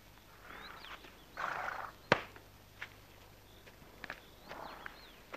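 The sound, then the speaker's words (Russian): Footsteps of a man walking into a barn in a scene of the drama Вечный Зов (Eternal Call): irregular scuffing steps and shuffles, with one sharp, loud thud partway through and a few softer knocks after. No one speaks. “Иван заходит в сарай.”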